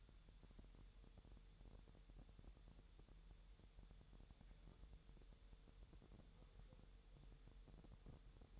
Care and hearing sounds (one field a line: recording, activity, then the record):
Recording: daily activity, microphone in the room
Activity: wipe stove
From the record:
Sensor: 3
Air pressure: 1000.9 hPa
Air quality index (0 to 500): 248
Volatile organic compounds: 175 ppm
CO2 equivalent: 4125 ppm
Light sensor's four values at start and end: 12/28/12/11 and 12/28/12/11